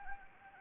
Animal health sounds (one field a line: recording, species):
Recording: mosquito wingbeat signal from an infrared sensor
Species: Anopheles gambiae